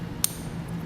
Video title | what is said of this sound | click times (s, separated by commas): etrailer - Trailer Wiring Harness Installation - 2017 GMC Terrain 56094 | this push it in until you hear it click now | 0.2 s